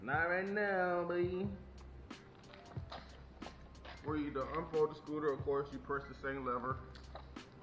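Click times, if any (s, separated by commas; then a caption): none. Someone talks over background music while handling an electric scooter, pressing its folding lever to unfold the metal stem toward the stem folding latch on the frame. A few faint, brief knocks come near 2.1–2.9 s and 7.2–7.4 s. The stem's folding latch has not yet locked into place by the end.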